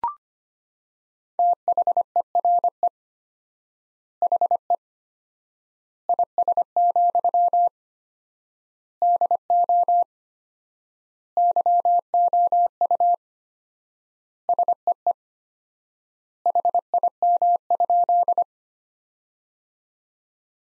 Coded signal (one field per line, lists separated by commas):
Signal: Morse code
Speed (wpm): 25 wpm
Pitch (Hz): 700 Hz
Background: none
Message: THERE HE IS, DO YOU SEE HIM?